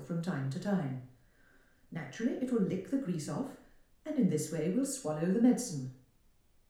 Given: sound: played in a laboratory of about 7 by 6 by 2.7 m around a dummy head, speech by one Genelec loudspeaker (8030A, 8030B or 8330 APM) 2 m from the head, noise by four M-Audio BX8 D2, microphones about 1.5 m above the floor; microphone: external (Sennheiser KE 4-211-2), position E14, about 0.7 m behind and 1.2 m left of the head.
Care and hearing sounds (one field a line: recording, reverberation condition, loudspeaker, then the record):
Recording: female speech in English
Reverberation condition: medium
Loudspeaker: behind (180 degrees)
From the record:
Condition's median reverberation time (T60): about 510 ms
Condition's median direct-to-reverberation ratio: about -0.5 dB